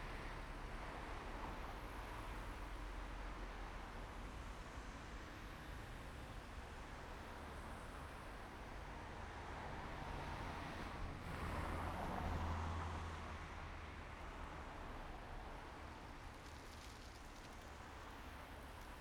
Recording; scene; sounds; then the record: everyday scene through a hearing-aid microphone; in traffic; traffic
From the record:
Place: main road on the outskirts, rush hour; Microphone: behind the ear, right, rear